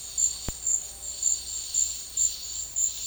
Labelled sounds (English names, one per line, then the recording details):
none
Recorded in secondary vegetation near Puerto Asís, Putumayo, Colombia, on 4 March 2025 at 11:00
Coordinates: 0.499, -76.323
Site G094